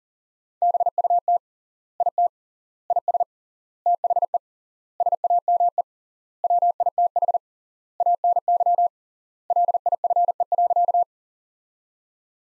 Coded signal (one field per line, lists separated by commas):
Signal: Morse code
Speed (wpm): 40 wpm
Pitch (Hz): 700 Hz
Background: none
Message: BUT IT IS THE SAME WITH ANY LIFE.